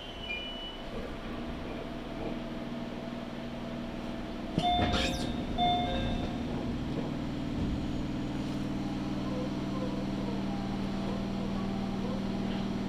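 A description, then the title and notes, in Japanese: Waiting on a platform for a Tokaido Line train and boarding, with a steady low rumble and hum throughout. Around the five-second mark a sharp clank and a couple of brief tones ring out, then the low drone carries on evenly to the end. 東海道本線 浜松→豊橋。6:20発の豊橋行きに乗車して。多少は通勤通学ラッシュにも入りこみます。ホームで列車がくるのを待ちながら乗りこむ。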